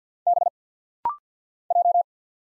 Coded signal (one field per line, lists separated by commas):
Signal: Morse code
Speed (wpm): 50 wpm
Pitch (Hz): 700 Hz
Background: none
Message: B J